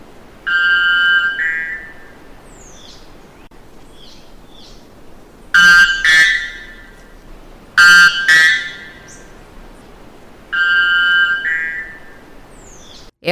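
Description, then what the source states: White bellbird song, loud ringing two-part notes repeated several times with quiet gaps. Two-note song of the Amazonian bellbird, said to reach 125 decibels, louder than a jet engine or rock concert; bird typical of the Amazon region.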